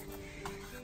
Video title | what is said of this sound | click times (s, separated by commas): Van Tour - 1969 VW Bus Tiny House on Wheels | so this just flips up you give this little click down | 0.5 s